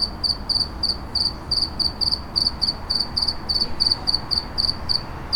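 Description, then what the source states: Cricket giving bright trilled chirps roughly every quarter second, steady and shrill, with a dull low hum underneath. Recorded in a city.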